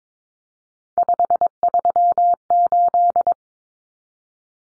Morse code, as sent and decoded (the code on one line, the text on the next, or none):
..... ...-- ---..
538